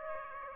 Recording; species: mosquito wingbeat signal from an infrared sensor; Aedes aegypti